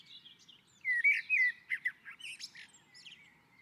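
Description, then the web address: Common blackbird singing a rich, fluty warbled phrase that slides up and down, ending in thin, scratchy high twitters. Singing on a roof. "sammel Naturinspelningar Koltrast på taket"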